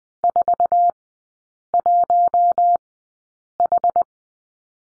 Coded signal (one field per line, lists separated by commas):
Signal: Morse code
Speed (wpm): 20 wpm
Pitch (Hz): 700 Hz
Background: none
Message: 41H